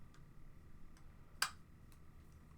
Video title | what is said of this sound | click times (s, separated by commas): Garrett Builds Legos Live!!! Building The Star Wars "Darth Vader" Big-Fig #75534!!! | we actually have the helmet that you put the head on snaps into place and | 1.4 s